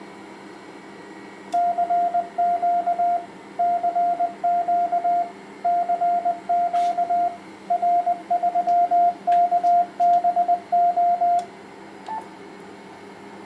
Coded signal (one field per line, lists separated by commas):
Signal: Morse code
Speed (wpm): 20 wpm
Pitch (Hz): 700 Hz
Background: radio noise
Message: CQ CQ CQ R3KBO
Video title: Test HF/6 m power amplifier BLF188XR heat pipes 1200W 1.8-54 MHz